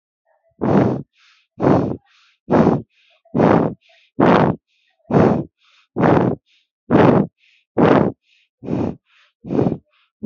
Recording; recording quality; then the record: shallow breathing; excellent, no background noise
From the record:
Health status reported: respiratory illness, not identified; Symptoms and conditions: cough, breathing difficulty, sore throat, diabetes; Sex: male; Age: 30 years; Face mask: not worn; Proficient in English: no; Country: India